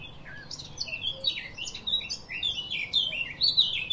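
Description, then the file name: Eurasian blackcap singing a steady, fast warble of short whistled notes that rise and fall, continuing throughout over faint background noise. "Sylvia atricapilla"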